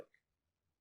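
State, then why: Not seated. The magnetic closure flap of a PureGear Folio 10-inch case is folded over a tablet that is thicker at the top than at the bottom, so the flap cannot close. Only a faint, soft plop is heard near 0.1 s, and the magnet never snaps shut. Nothing has clicked yet.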